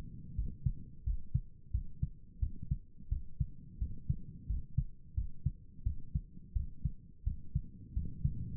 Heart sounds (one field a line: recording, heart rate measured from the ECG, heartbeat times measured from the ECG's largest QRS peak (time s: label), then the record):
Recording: heart sounds by stethoscope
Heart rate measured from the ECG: 87 bpm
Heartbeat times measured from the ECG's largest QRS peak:
0.35 s: heartbeat
1.04 s: heartbeat
1.71 s: heartbeat
2.39 s: heartbeat
3.09 s: heartbeat
3.78 s: heartbeat
4.46 s: heartbeat
5.14 s: heartbeat
5.83 s: heartbeat
6.53 s: heartbeat
7.24 s: heartbeat
7.93 s: heartbeat
From the record:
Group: healthy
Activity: rest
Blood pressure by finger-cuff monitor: 106/75 mmHg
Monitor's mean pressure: 83 mmHg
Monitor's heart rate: 87 bpm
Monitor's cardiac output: 7.1 L/min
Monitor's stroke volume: 82 mL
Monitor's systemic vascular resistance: 840 dyn s/cm5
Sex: male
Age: 19 years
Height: 178 cm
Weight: 83 kg